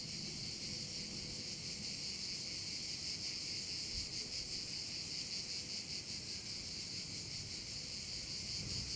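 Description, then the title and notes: Cicadas give a continuous shrill pulsing chorus throughout, with a brief low thump near the middle and faint background noise. Several cicadas over the Vallo di Diano valley, Geoparco Padula, Italy; recorded with a Zoom H6 and MS capsule. "Geoparco Padula - Cicale sulla valle del Diano. Registrato con Zoom H6 e capsula MS"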